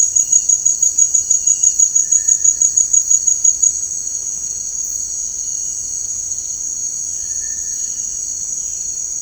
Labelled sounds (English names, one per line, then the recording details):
none
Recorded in dense forest near Puerto Asís, Putumayo, Colombia, on 24 March 2025 at 17:30
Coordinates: 0.485, -76.318
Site G056